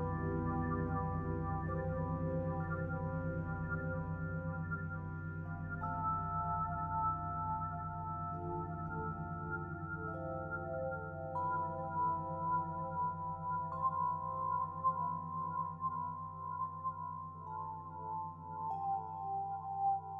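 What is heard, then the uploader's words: Healing sound bowls ring with a steady, deep hum and layered overtones that sustain throughout. The tones shift slightly in pitch every few seconds as new bowls seem to sound, with a gentle pulsing waver in the low drone and a faint rise in loudness midway. Singing Sound Bowls. Listen to the reverberating sounds of the healing sound bowls.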